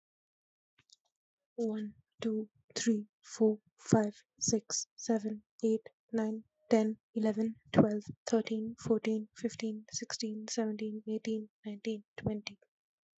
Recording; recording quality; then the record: counting at a normal pace; excellent, no background noise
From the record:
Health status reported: healthy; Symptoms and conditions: none ticked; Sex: female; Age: 23 years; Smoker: not ticked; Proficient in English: yes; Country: India